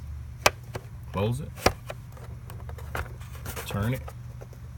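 A plastic engine oil filler cap on a 2006 BMW 530i is handled at the valve cover filler neck as it is being put back on to be twisted until it locks. Someone talks over a low steady hum, with a sharp knock at 0.5 s and several lighter taps and clicks through the clip. Nothing has seated or locked yet.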